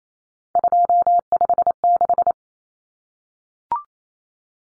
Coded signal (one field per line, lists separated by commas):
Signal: Morse code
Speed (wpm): 28 wpm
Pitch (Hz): 700 Hz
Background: none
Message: 256